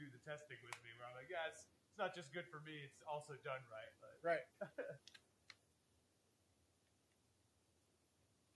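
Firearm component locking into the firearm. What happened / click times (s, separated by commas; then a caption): The part is being handled but has not yet locked home / none. Someone talks while handling a firearm part that is meant to be pushed until it auto-locks into place. A brief sharp sound comes at 5.5 s, followed by near silence. Nothing has seated or locked yet.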